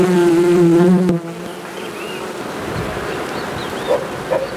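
Bee buzzing, a strong low hum for about a second, then quieter background with faint chirps.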